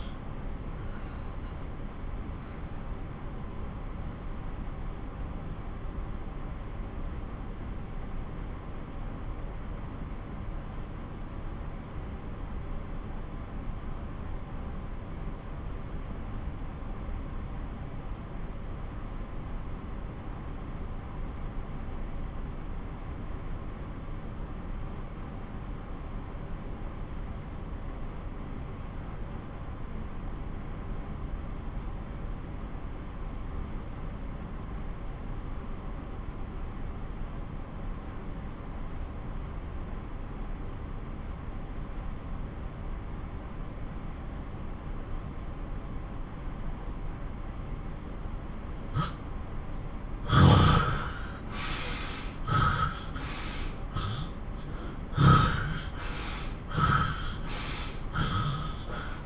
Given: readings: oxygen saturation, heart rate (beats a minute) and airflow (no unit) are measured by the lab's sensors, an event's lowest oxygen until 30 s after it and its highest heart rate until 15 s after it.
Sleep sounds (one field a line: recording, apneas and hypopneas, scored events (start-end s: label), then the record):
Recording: breathing in sleep by a smartphone at the bedside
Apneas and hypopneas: 1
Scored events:
3.00-33.00 s: new sleep stage, N2 (light sleep)
10.00-45.40 s: obstructive apnea (N2, oxygen 95% highest, then 79% lowest)
33.00-59.26 s: new sleep stage, N1 (lightest sleep)
From the record:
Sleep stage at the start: N1 (lightest sleep)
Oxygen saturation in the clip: 79 to 95%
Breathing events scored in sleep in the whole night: 217 in 6.3 hours asleep